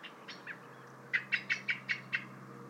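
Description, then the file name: Common blackbird calls: two faint notes, then a quick run of six sharp, clipped chinking notes at a steady pace, over a low background hiss. "Turdus merula"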